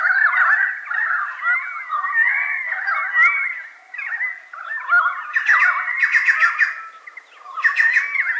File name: pied currawong